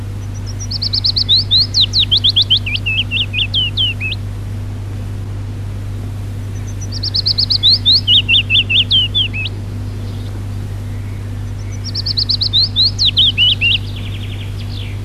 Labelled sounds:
Willow Warbler song
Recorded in the wild
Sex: male
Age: adult
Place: Przytocko, Pomorskie, PL
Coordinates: 54.1211, 16.8428
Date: 1965-07-05 06:40
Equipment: Grundig TK 4, BG 20/6 - 19 cm/s
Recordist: Schubert, Michael

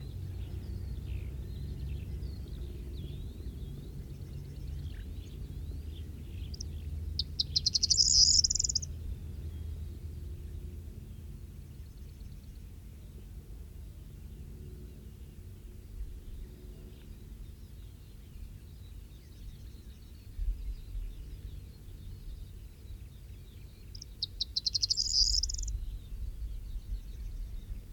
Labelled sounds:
Corn Bunting song
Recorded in the wild
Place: Buschvitz, Insel Rügen, Mecklenburg-Vorpommern, DE
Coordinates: 54.431, 13.472
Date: 1971-05-29
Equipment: Nagra III BH, Sennheiser MD 21, parabola
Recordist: Schubert, Michael

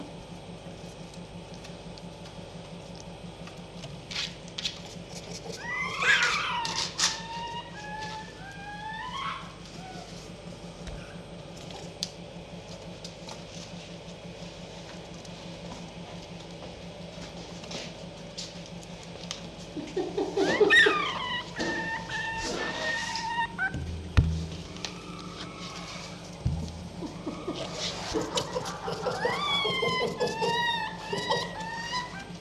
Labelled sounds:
Red Fox
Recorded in captivity
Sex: diverse
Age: diverse
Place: Zoologisches Institut der HUB, Berlin, DE
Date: 1956-05-21 10:45
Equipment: Elmetra
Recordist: Tembrock, Günter

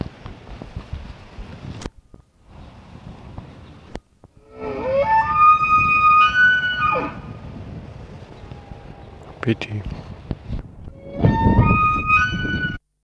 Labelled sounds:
Wapiti
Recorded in captivity
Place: Tierpark Berlin, Berlin, DE
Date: 1965-09-19
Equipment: Uher 4000 Report-S, Transistorverstärker II, Sennheiser MD 421
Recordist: Tembrock, Günter

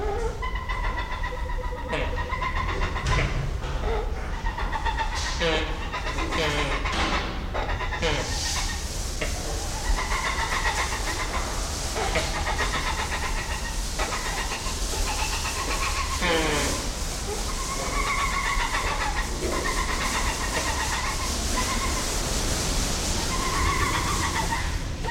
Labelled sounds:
Wrinkled Hornbill call
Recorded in captivity
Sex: pair
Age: adult
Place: Zoo Berlin, Berlin, DE
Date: 1993-01-16 11:46
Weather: 10-14°C, sonnig
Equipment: Marantz CP 430, Sennheiser ME 80, Kopie Uher Variocord 263
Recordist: Tembrock, Günter
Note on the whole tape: Männchen: Kurzlaute, dann Weibchen: rhythmische Laute, Schnabelkontakt

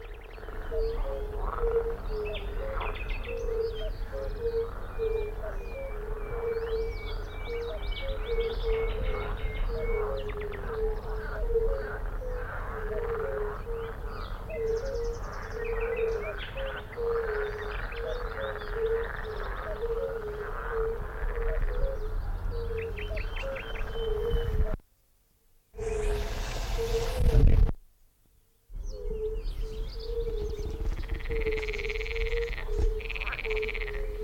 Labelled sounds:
Fire-Bellied Toad
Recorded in the wild
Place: Linum, Brandenburg, DE
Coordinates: 52.76, 12.88
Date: 1995-06-03 19:15
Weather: heiter, Luft 15,3°C, Wasser 18,5°C
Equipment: Marantz CP 430, Sennheiser ME 80, Kopie Uher 4000 Report Monitor
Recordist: Tembrock, Günter

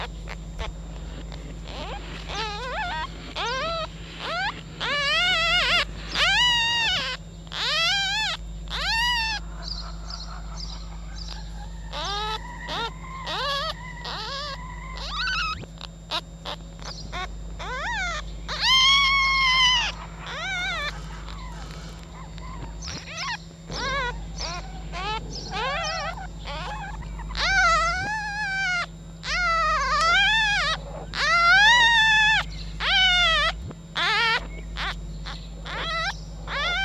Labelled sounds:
Red Fox
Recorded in captivity
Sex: diverse
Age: juvenile
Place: Zoologisches Institut der HUB, Berlin, DE
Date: 1956-04-24 12:50
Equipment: Elmetra
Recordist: Tembrock, Günter

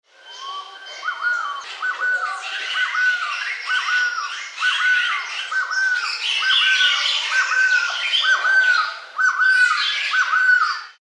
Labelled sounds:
Crested Quetzal
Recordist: Tembrock, Günter
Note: Männchen: Lautfolgen

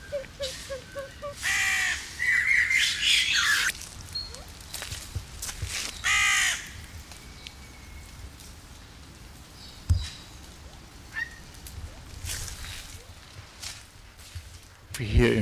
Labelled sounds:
Siamese Fireback call
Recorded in captivity
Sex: male
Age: adult
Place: Zoo Berlin, Berlin, DE
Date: 2002-10-22 12:42
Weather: overcast, 13°C
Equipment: Nagra SN, Kopie Uher 4000 Report Monitor
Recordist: Tembrock, Günter

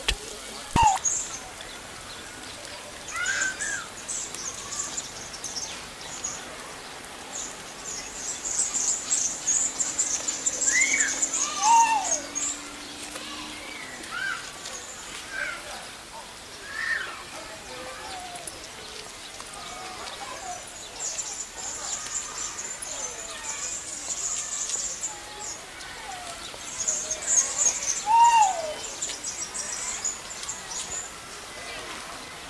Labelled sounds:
Trumpet Manucode call
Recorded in captivity
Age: adult
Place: Zoo Berlin, Berlin, DE
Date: 2008-09-14 15:03
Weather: overcast, ca. 14°C
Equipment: Sony WM-D6C, Sennheiser ME 80, Kopie Uher 4000 Report Monitor
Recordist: Tembrock, Günter
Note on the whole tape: Ein Tier allein: Einzellaute, dabei ortsfest

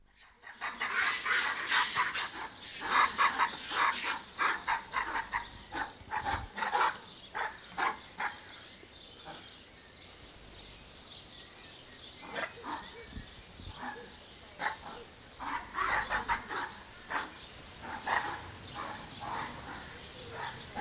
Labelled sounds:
Japanese Macaque aggressive call
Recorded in captivity
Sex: female
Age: adult
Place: Zoo Berlin, Berlin, DE
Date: 1998-05-20 17:17
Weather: heiter, 16°C
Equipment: Nagra SN, Kopie Uher 4000 Report Monitor
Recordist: Tembrock, Günter

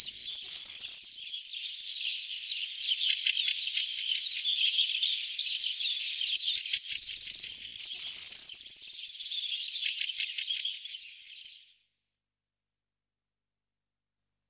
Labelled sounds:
Corn Bunting song
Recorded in the wild
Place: Ihringen bis Breisach am Kaiserstuhl, Baden-Württemberg, DE
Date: 1979-07-05
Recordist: Schwarz, Dieter

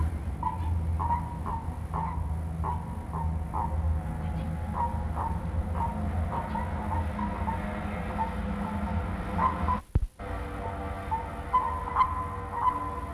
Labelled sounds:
Common Toad call
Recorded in captivity
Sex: pair
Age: adult
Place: Tierpark Berlin, Berlin, DE
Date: 1963-04-20 19:00
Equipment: Minifon, Kopie Smaragd
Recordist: Tembrock, Günter

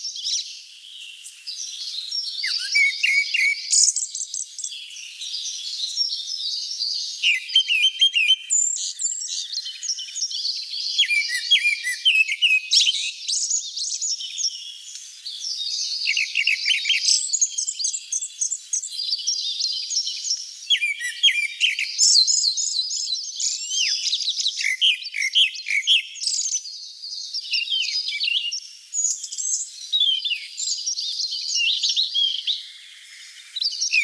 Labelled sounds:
Grey-backed Thrush song
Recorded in the wild
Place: Kedrojawa Pad-Nationalpark, RU
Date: 1994-06-09
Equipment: Dat-Recorder Casio DA 7, Telinga DAT, Telinga-Parabolspiegel
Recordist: Schwarz, Dieter
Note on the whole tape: Song

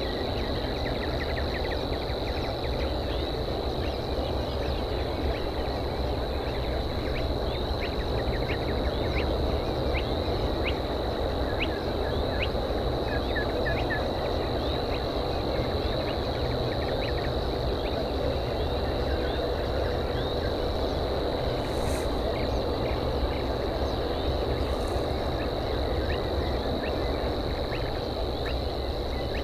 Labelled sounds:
Spotted Crake
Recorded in the wild
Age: adult
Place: Schwedt/Oder, Nationalpark Unteres Odertal, Brandenburg, DE
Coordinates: 53.0825, 14.331
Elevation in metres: 1
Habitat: wetland
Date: 2014-05-06
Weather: clear, 4°C, almost windless
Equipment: Sound Devices 702, Sennheiser MKH 70, Rycote Windschutz
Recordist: Frommolt, Karl-Heinz

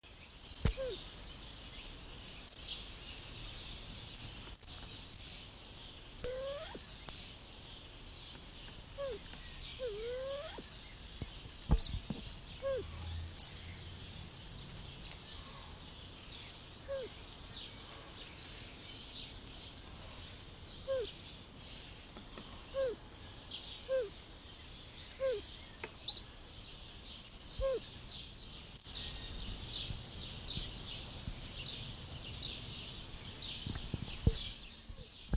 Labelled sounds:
Crested Fireback call
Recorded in captivity
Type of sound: call
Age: adult
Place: Zoo Halle, Sachsen-Anhalt, DE
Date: 2002-06-17 18:30
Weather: sonnig, 30°C
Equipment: Nagra SN, Kopie Uher 4000 Report Monitor
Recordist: Tembrock, Günter
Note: Borneo-Feuerrückenfasan (L.i.ignita): Rufe am Gitter (auf Beobachter bezogen)

